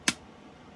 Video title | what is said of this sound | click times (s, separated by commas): Shoei Neotec 3 review | So it can just be lifted up, but if you hear that positive click there, | 0.1 s